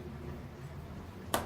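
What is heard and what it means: A plastic snap fastener on a folded fabric drool pad is pressed closed around a baby carrier strap. A quiet, low hum runs underneath until a single sharp, bright click at 1.3 seconds, as the snap seats home.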